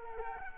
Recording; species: mosquito wingbeat signal from an infrared sensor; Culex quinquefasciatus